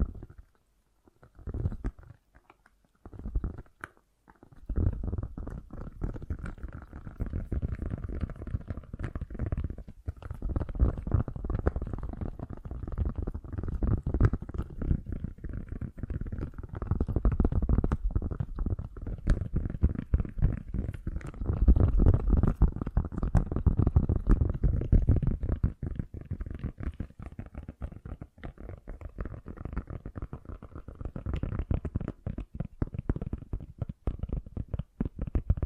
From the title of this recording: Fast & Gentle Tapping